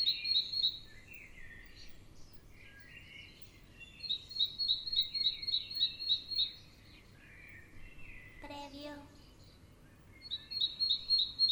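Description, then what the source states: Birds chirping, quick runs of sharp high notes alternating with quieter warbled phrases, plus a brief harmonic call. Morning ambience.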